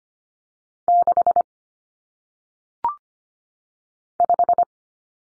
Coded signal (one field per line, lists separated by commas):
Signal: Morse code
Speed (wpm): 25 wpm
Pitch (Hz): 700 Hz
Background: none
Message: 6 5